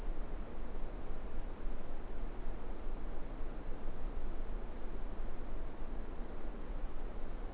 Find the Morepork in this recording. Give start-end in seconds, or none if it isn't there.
none